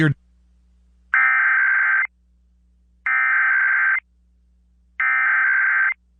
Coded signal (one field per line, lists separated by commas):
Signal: Emergency Alert System (SAME) tones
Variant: header bursts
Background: speech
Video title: KDKA 1020 Required Monthly Test (EAS #36) 4 14 21